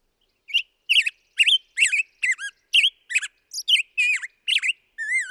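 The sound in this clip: Black-headed grosbeak singing a string of sweet, slurred whistled notes, ending on a wavering whistle.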